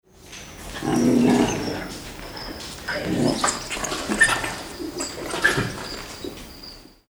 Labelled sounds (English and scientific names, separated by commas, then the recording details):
Golden Jackal (Canis aureus)
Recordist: Tembrock, Günter
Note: Knurren und Winseln eines Weibchens